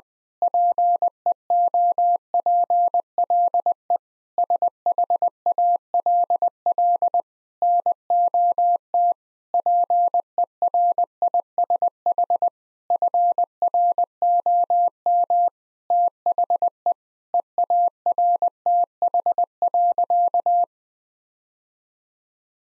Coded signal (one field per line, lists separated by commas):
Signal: Morse code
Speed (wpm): 21 wpm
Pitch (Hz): 700 Hz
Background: none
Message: PEOPLE SHALL NOT PERISH FROM THE EARTH.